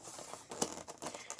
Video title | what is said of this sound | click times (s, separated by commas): What do tools do I need to start crafting with vellum or parchment? | and it's not really sealed it just kind of snaps in place and i'm going to take everything out | 0.6 s